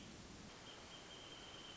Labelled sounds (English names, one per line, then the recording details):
Wrentit
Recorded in Sonoma County, California